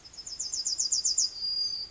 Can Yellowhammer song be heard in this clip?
yes